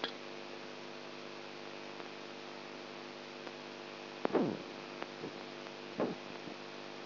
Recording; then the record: brain microelectrode recording played as sound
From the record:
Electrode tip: outside the subthalamic nucleus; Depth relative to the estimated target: -8 mm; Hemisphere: right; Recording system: AlphaMap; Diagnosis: Parkinson's disease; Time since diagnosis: 20 years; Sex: female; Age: 64 years